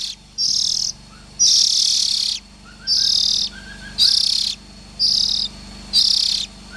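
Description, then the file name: Oriental magpie-robin young birds giving harsh, hissing rasps about once a second, with a few faint soft notes between them. "Tieng chim chich choe than non"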